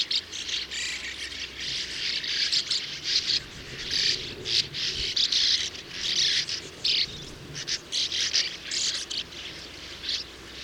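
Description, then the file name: Sand martins calling: many dry, buzzy twitters overlapping in a busy, uneven stream throughout. Recorded at Landshut on 21 July 2013. "Uferschwalbe 21 07 2013 Landshut Michle Peron"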